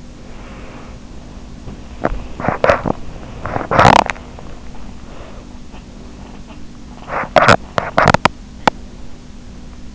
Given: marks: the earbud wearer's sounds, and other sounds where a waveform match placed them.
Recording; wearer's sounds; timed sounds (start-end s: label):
sounds in sleep by an in-ear microphone; breath, teeth grinding
0.00-1.09 s: breath
2.24-4.72 s: teeth grinding
6.60-9.44 s: teeth grinding